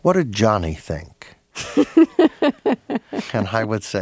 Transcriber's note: laughter